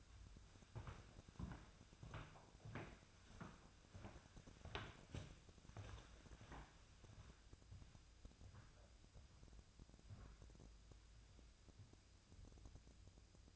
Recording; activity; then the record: daily activity, microphone in the room; walk to room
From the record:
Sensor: 2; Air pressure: 999.8 hPa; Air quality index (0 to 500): 123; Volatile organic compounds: 2 ppm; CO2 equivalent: 1060 ppm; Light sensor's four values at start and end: 34/80/36/41 and 34/82/36/41